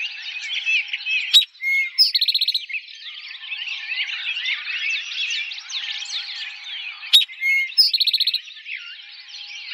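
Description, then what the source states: Eastern towhee song repeated twice about six seconds apart, each a sharp note, a falling whistle and a fast trill, against a dense chorus of chirping birds. Recorded on 4 January 2007.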